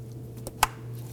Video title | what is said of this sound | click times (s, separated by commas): How to Replace Valve Cover Gasket 2008-2011 Ford Focus | And there it is you're going to feel and hear it lock on. | 0.6 s